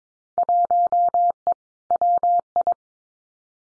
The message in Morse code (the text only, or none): 1E WI